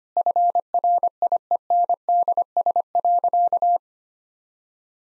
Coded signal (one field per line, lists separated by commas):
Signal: Morse code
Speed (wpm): 25 wpm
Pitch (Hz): 700 Hz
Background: none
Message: FRIENDS.